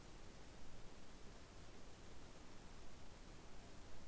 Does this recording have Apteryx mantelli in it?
no